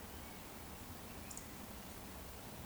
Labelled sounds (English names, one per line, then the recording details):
Eurasian Woodcock whistle
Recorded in Baden-Württemberg, Germany, on 15 June 2020 at 19:34 UTC
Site 14569, 102 m above sea level